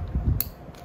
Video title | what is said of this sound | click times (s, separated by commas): SEDEKAH PRODUK TAJAAN Bluetti AC50S EGenerator serbaguna utk aktiviti luar & tempat tanpa elektrik | Sampai bunyi klik nih | 0.4 s